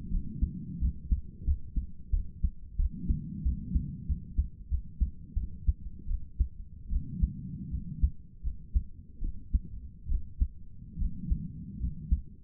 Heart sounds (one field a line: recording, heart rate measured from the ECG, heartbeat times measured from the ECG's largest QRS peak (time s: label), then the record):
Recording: heart sounds by stethoscope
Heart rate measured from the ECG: 82 bpm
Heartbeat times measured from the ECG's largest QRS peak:
0.10 s: heartbeat
0.80 s: heartbeat
1.45 s: heartbeat
2.11 s: heartbeat
2.77 s: heartbeat
3.44 s: heartbeat
4.07 s: heartbeat
4.69 s: heartbeat
5.35 s: heartbeat
6.07 s: heartbeat
6.89 s: heartbeat
7.70 s: heartbeat
8.43 s: heartbeat
9.20 s: heartbeat
10.08 s: heartbeat
10.98 s: heartbeat
11.79 s: heartbeat
From the record:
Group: healthy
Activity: cold pressor test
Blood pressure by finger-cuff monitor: 64/45 mmHg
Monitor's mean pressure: 53 mmHg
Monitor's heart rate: 83 bpm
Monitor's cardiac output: 6.8 L/min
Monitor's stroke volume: 78 mL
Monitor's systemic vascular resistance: 530 dyn s/cm5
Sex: female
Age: 22 years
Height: 163 cm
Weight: 67.1 kg